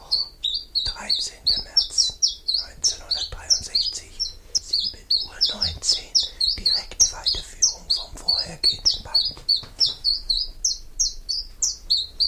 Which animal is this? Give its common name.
Common Chiffchaff